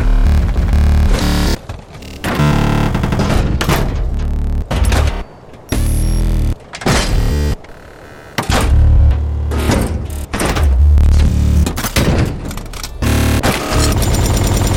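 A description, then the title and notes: Heavy mechanical robot sounds crash and grind in rapid bursts, loud, with deep booming lows and harsh distorted noise. Hits come every second or so, separated by brief silent gaps near 5, 6.5 and 8 seconds, then resume densely through the end. Annihilation - Mech Sound Effects. The library has been created withfield recordings, hardware synthesizers, electromagnetic fields. Devastating robot sound effects.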